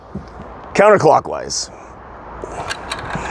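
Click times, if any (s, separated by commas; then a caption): 2.9 s. On a Stihl TS400 cut-off saw, the belt tensioner in the saw arm is turned counterclockwise with the combination tool to slacken the drive belt, while someone talks briefly. The tensioner clicks into its detent at the off position at 2.9 s, and it is seated.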